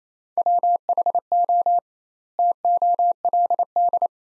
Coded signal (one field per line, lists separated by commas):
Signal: Morse code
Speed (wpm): 28 wpm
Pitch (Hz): 700 Hz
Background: none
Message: WHO TOLD